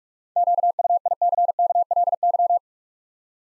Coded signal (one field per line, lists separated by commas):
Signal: Morse code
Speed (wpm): 45 wpm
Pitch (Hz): 700 Hz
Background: none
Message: QUICKLY